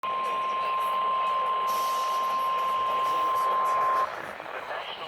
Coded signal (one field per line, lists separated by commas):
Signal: Emergency Alert System (SAME) tones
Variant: 1050 Hz attention tone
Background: speech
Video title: EAS/NWR Alert or message #511-512: Areal Flood Warnings on both KIH42 and KZZ48